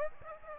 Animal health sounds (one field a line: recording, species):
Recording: mosquito wingbeat signal from an infrared sensor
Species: Aedes aegypti